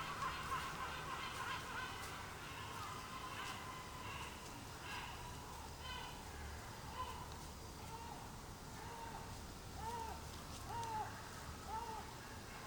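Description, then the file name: Gull calls: many overlapping squawks early on, then clearer mewing notes that rise and fall, repeated roughly once a second, over steady low noise. Gulls recorded at dawn on 20 July 2020. "2020 07 20 seagulls at dawn"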